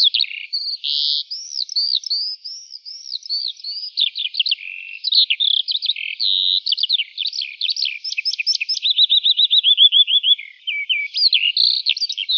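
Lark song, a continuous high warbling stream of rapid chirps, trills and slurred notes, with a fast run of repeated notes near the end.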